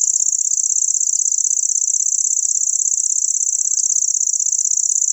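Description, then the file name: Lanceolated warbler song: an unbroken, fast, high-pitched mechanical reel that continues steadily from start to finish. "Sverchok pjatnistyj"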